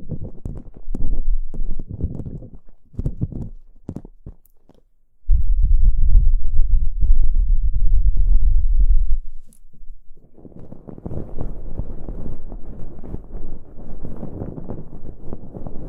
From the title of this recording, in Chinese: 掏耳朵